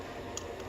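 A spark plug is turned backwards, in the loosening direction, and held straight in the cylinder head bore of a Miata engine so it won't cross-thread. A small, sharp click at 0.4 s is heard over a steady low background as the plug's thread drops into the start of the head's thread. The threads are lined up and the plug is seated, ready to be tightened by hand.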